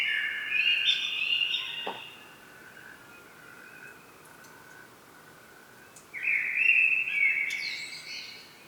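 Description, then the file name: Common blackbird singing: a mellow warbled phrase with a high twittering tail, a long quiet gap with a faint thin note, then another rich fluty phrase. "Turdus merula"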